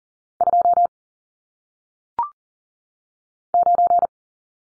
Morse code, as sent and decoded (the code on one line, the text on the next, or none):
..--- / ----.
2 9